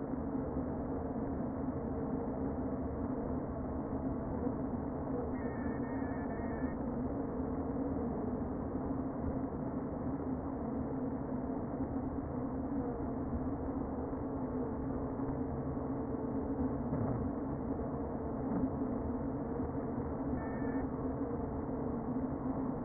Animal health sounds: honeybee colony, microphone inside the hive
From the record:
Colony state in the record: queen present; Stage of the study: before two queens were removed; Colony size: about 60,000 bees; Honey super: yes

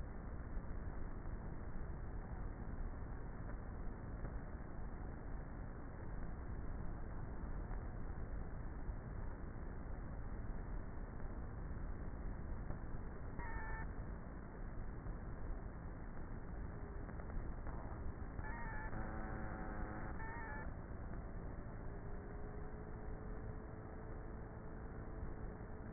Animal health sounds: honeybee colony, microphone inside the hive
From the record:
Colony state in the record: queenless with a low population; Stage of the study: before two queens were removed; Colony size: about 30,000 bees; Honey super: no

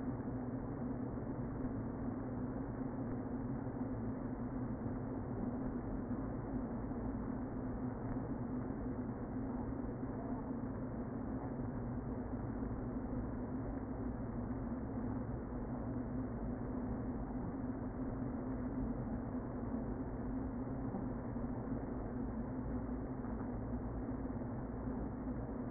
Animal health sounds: honeybee colony, microphone inside the hive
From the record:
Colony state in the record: queen present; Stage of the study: before two queens were removed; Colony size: about 60,000 bees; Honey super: yes

